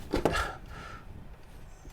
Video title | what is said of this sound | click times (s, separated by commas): S03E29 - Slackathon: HoneyComb LX2 firmware flashing tool for Slackware. | go on we go I heard the nice clicking right you can sit back down now right | 0.3 s